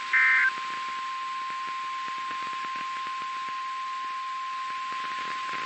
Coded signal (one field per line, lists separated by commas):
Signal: Emergency Alert System (SAME) tones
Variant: 1050 Hz attention tone